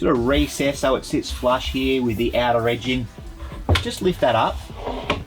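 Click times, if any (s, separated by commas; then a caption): none. A recessed hinged bench extension panel on the kitchen bench of an Avida Birdsville LX motorhome is lifted up into position; it sits flush with the outer edging. Someone talks throughout, with a short sharp knock near the end. The panel has not yet snapped and locked into place.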